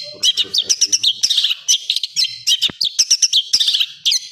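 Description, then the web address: Long-tailed shrike giving a brisk series of squeaky, chattering notes in fast clusters, high and insistent with brief gaps between bursts. Full song with 'tembakan' bursts, a master recording for training birds. "cendet full tembakan. masteran cendet"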